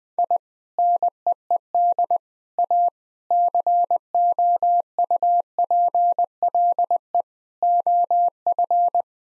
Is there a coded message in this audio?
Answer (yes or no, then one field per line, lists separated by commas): yes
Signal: Morse code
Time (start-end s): 0.2-9.0 s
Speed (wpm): 20 wpm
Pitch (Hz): 700 Hz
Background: none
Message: I NEED A COUPLE OF